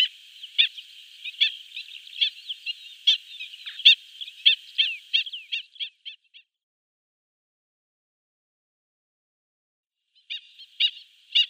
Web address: Schulze Peter Black-winged Stilt